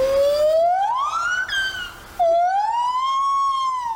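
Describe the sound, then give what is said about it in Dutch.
A male and female gibbon (ape) pair singing together: loud, pure whooping calls that slide steadily upward in pitch, a long rising phrase followed by a second, gentler swell, with no talking. “Laten we even luisteren naar de gibbon, de aap.”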